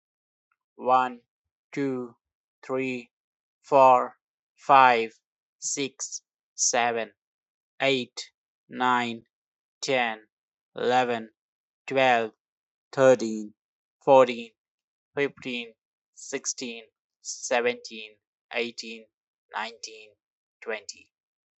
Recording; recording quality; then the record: counting at a normal pace; excellent, no background noise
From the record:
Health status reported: healthy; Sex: male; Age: 35 years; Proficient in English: yes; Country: India